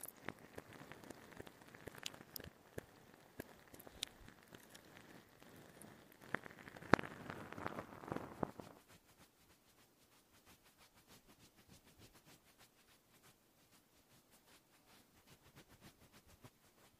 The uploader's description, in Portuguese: sons de boca, fidget toys, luva e cafuné tudo em reverse